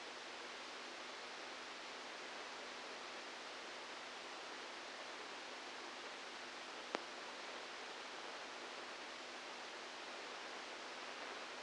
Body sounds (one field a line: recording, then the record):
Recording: brain microelectrode recording played as sound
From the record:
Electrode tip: outside the subthalamic nucleus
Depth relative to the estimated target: -3 mm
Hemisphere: left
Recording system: NeuroSet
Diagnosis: Parkinson's disease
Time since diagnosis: 12 years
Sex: male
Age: 61 years